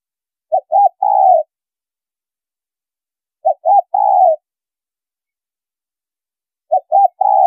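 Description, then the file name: Spotted dove repeating a three-note coo, two brief notes then a longer one, roughly every three seconds, three times, nothing else audible. Female bird. "Tieng cu gay mai"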